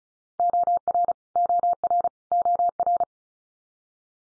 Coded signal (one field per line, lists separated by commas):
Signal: Morse code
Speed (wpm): 34 wpm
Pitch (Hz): 700 Hz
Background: none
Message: OR OR OR